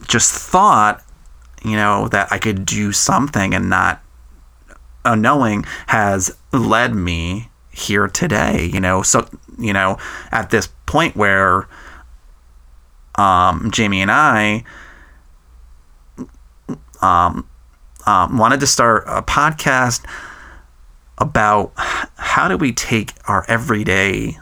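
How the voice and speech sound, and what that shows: A low-pitched adult man who has stuttered since age 3 speaks in halting phrases with stretched sounds, tense glottal word onsets, a two-second blocked pause and repeated "um" fillers. These prolongations and blocks fit a mild, well-managed adult stutter.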